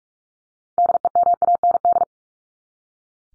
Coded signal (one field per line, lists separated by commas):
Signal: Morse code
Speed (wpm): 44 wpm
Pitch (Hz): 700 Hz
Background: none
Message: DEMAND